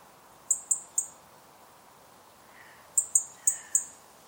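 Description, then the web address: European robin giving sharp, very high ticking calls, three quick ticks, a pause of about two seconds, then four more, over faint steady background hiss. "Deverinetal 2025 File origin Bird Only Er Ru"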